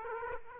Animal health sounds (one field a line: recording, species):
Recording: mosquito wingbeat signal from an infrared sensor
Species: Aedes aegypti